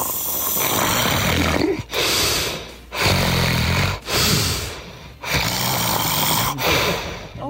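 Loud, rough snoring from a sleeping adult man, in rapid cycles of about four breaths in seven seconds, with harsh rattling inhalations and brief pauses, so fast it sounds like hyperventilating.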